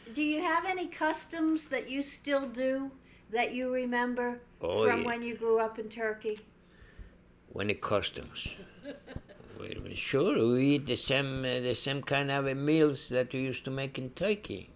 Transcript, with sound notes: Do you have any customs that you still do that you remember from when you grew up in Turkey?
Oh, yeah. Any customs? (laughs) Sure. We eat the same, the same kind of meals that we used to make in Turkey.